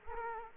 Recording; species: mosquito wingbeat signal from an infrared sensor; Culex quinquefasciatus